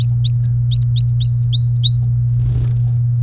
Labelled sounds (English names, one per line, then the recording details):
Domestic Canary song
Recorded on 24 April 2018 at 17:18
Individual llb3